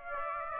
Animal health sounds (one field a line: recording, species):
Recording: mosquito wingbeat signal from an infrared sensor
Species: Aedes aegypti